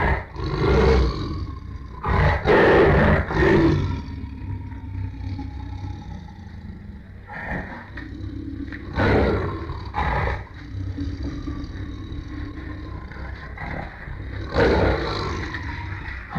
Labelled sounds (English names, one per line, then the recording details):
Tiger
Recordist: Tembrock, Günter
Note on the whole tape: Männchen: Fauchen, Grollen und Knurren